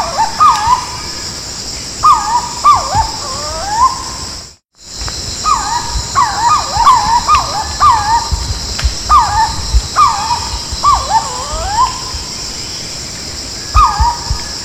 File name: Canto do anambeuna